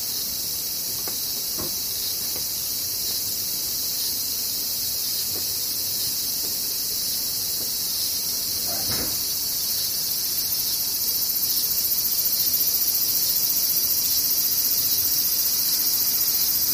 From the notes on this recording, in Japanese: セミ